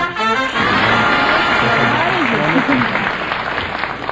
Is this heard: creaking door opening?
no